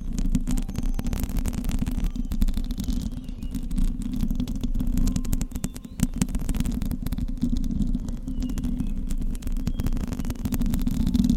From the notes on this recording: Mic scratching with nails.